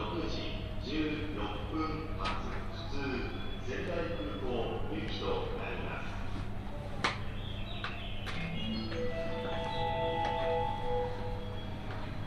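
A train ride on the Tohoku Main Line from Sendai to Kogota, with a steady low hum throughout and voices talking over it. Sharp clicks land near 2, 7 and 8 seconds, and a thin high ringing tone sounds from about 9 to 11 seconds.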